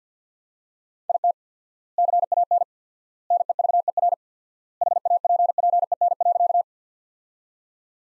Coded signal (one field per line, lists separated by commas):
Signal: Morse code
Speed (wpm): 50 wpm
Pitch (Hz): 700 Hz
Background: none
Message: IT CAN NEVER HAPPEN.